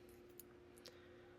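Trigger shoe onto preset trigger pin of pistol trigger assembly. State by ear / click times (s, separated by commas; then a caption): seated / 0.4 s. An Apex Tactical flat-faced forward-set aftermarket trigger shoe for an M&P Carry Comp pistol is slid over a trigger pin preset to protrude slightly and snaps onto the trigger bar, ahead of being pressed in with a vise. A sharp click at 0.4 s marks it seating in place, followed by two fainter ticks near 0.8 and 0.9 s over a steady low hum. The shoe is seated on the pin.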